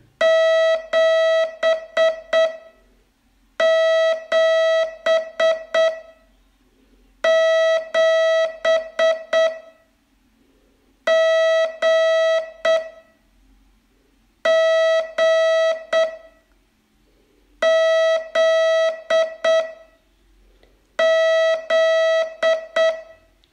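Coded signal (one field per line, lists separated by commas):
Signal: Morse code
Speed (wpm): 8 wpm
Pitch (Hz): 650 Hz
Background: none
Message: 7 7 7 G G Z Z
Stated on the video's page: Morse training lesson, day 24 of a 42-day course.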